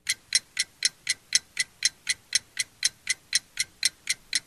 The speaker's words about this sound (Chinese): 你这用的什么计时器呀？啊，这声音怎么那么大呀？